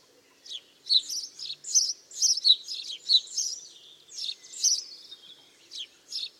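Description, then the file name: House sparrow chirping, a rapid series of short harsh chirps in irregular bursts across six seconds. "Passer domesticus"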